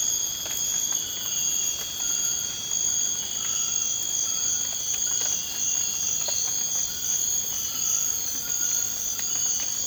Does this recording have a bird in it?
no